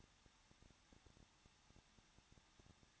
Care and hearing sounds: daily activity, microphone in the room; no activity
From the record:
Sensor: 3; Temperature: 21.2 degrees Celsius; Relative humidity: 36.3%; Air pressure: 1006.4 hPa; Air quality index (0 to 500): 221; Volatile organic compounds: 40 ppm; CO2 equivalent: 3147 ppm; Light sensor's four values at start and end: 2/3/2/2 and 2/3/2/2

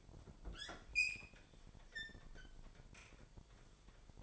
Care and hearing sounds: daily activity, microphone in the room; open fridge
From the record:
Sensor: 5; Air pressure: 1002.0 hPa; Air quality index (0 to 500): 223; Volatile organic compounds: 28 ppm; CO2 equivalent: 2906 ppm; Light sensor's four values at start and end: 9/22/9/10 and 10/24/10/11

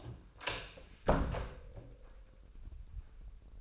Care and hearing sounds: daily activity, microphone in the room; close door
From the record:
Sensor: 2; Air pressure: 996.0 hPa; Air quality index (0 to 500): 34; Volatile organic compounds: 1 ppm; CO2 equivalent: 617 ppm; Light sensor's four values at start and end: 12/27/12/12 and 11/27/11/12

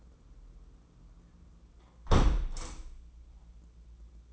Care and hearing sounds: daily activity, microphone in the room; close window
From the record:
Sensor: 1

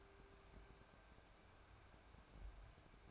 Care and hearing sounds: daily activity, microphone in the room; take from stove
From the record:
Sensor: 2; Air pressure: 1010.1 hPa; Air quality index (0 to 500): 160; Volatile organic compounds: 7 ppm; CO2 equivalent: 2013 ppm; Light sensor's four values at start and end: 42/101/45/51 and 42/101/45/51

